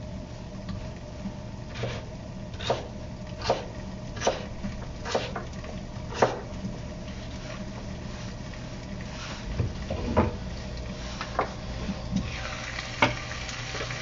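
Vegetables being chopped on a board: sharp, evenly spaced knife taps about every second, a pause midway, then more cuts over a steady low hum.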